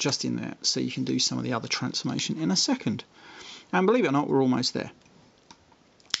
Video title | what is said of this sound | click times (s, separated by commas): Transformers Beast Wars Transmetal TARANTULAS Review | flips down clicks into place there's you robot head | 6.1 s